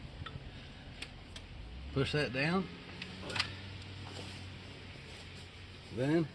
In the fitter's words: make sure it's all the way on there until you hear it click.